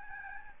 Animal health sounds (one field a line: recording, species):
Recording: mosquito wingbeat signal from an infrared sensor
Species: Aedes albopictus